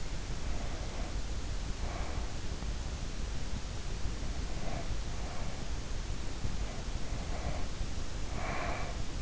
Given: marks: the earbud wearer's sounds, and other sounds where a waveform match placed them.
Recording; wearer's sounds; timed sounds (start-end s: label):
sounds in sleep by an in-ear microphone; breath
0.30-2.67 s: breath
4.08-5.89 s: breath
6.30-9.22 s: breath